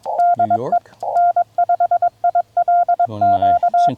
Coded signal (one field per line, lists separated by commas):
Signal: Morse code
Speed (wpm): 21 wpm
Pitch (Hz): 1410 Hz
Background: speech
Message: DE N5ILQ